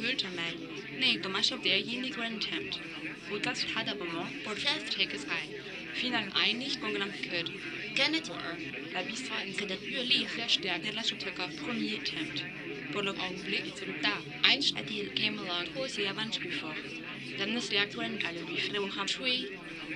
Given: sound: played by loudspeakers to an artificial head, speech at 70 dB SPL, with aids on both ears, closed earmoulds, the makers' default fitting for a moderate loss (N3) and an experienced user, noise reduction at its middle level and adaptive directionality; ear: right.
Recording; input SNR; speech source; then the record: speech test signal (ISTS) in cocktail-party noise; 0 dB; in front (0 degrees)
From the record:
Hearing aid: class 2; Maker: D